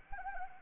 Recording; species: mosquito wingbeat signal from an infrared sensor; Anopheles arabiensis